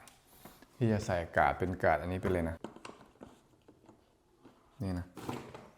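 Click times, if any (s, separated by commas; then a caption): none. A plastic blade guard is being fitted and pushed onto the head housing of an INGCO CSTLI20018 40V brushless cordless lawn trimmer while someone talks. Faint handling taps and knocks are heard between the talking. Nothing has seated or clicked yet.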